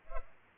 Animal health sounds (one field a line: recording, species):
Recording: mosquito wingbeat signal from an infrared sensor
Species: Culex pipiens